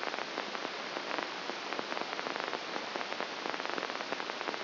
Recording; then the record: brain microelectrode recording played as sound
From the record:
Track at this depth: inside the subthalamic nucleus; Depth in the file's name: 1.005 mm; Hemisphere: left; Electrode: 2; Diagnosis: Parkinson's disease